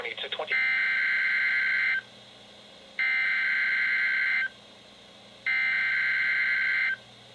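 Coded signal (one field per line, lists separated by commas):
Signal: Emergency Alert System (SAME) tones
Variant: header bursts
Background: speech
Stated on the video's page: Real NOAA Weather Radio alerts during a severe weather night, received on several weather radios including a Bearcat BC-W and Midland Weathermax.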